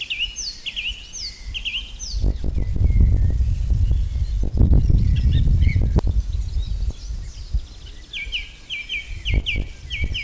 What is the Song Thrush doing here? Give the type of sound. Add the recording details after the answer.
song. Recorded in the wild. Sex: male. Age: adult. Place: Lübars (Fließtal), Berlin, DE. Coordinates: 52.6167, 13.35. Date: 2000-06-04 14:29. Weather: fair, 27°C. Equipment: Nagra SN, Kopie Uher 4000 Report Monitor. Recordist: Tembrock, Günter